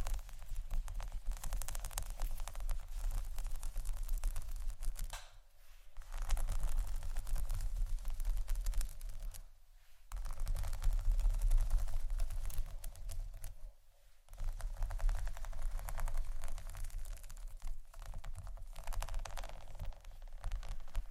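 Dense scratching with rough rubbing and clicks, over a low rumble, pausing briefly near 5, 10 and 14 seconds before resuming.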